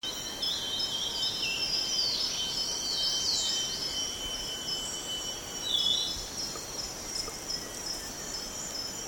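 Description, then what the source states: Lesser cuckoo-shrike calling with a quick series of high, descending chattering notes, then a short later phrase, against a constant shrill insect hum. Recorded on 1 April 2007.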